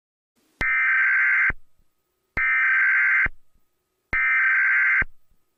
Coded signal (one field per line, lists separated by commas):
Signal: Emergency Alert System (SAME) tones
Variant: header bursts